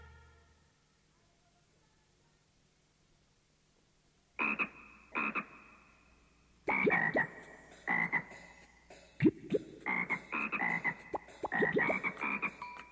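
After a few seconds of quiet, a frog begins croaking: loud, raspy, throaty calls in short irregular bursts that grow more frequent and overlap toward the end.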